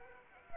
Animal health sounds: mosquito wingbeat signal from an infrared sensor; Anopheles arabiensis

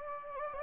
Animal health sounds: mosquito wingbeat signal from an infrared sensor; Anopheles gambiae

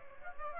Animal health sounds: mosquito wingbeat signal from an infrared sensor; Aedes aegypti

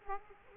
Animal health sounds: mosquito wingbeat signal from an infrared sensor; Aedes aegypti

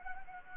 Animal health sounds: mosquito wingbeat signal from an infrared sensor; Anopheles gambiae

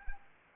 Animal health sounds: mosquito wingbeat signal from an infrared sensor; Anopheles arabiensis

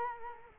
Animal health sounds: mosquito wingbeat signal from an infrared sensor; Culex quinquefasciatus

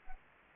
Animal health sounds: mosquito wingbeat signal from an infrared sensor; Anopheles arabiensis

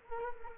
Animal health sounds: mosquito wingbeat signal from an infrared sensor; Culex quinquefasciatus

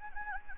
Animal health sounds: mosquito wingbeat signal from an infrared sensor; Anopheles gambiae

